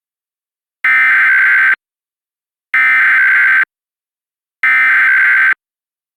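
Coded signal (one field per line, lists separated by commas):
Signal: Emergency Alert System (SAME) tones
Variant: header bursts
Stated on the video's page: Mock EAS fire warning built around a Simplex fire alarm voice evacuation message; contains valid EAS tones.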